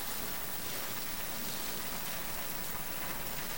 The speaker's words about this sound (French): La pluie ne peut qu'adoucir nos lèvres et rendre la nuit palpable. La pluie sur vos lèvres est fine.